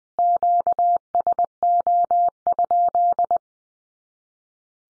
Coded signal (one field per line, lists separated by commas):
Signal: Morse code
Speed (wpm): 20 wpm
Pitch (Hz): 700 Hz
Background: none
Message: QSO?